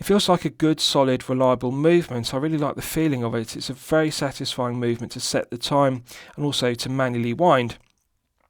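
Someone talks for about eight seconds while handling a watch crown that is out in its time-setting position, about to be pushed back into its detent position in the case to restart the movement. Nothing has clicked or seated yet, and the clip ends in near-silence.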